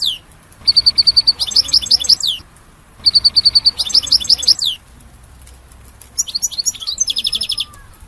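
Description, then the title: European goldfinch song: two bursts of fast, high twittering notes, each with a steady trilled start, followed by a buzzing, tinkling phrase. "Chant Chardonneret"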